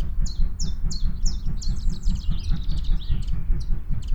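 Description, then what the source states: Common chiffchaff song: several high, clipped notes in a steady series, then a jumbled burst of other bird song overlapping the series. Song of an adult bird.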